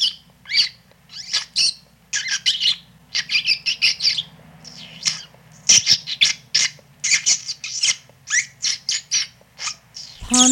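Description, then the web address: A rat gives rapid, piercing squeals in uneven clusters, with a louder sound at the very end. "animal rat"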